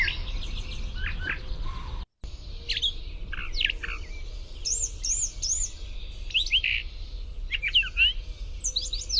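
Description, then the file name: Brown thrasher song: varied sharp, slurred notes and short clipped phrases with a brief cut near two seconds, over faint low background hum. "BRTH song"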